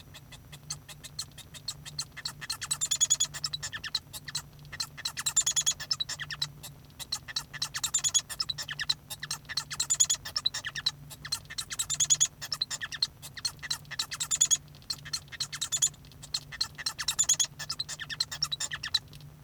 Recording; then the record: song of a male Bengalese finch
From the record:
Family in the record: son of father 1